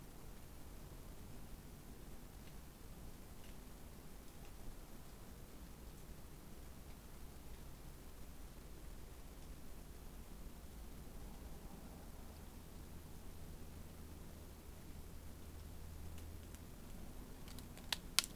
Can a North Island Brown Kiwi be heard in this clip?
no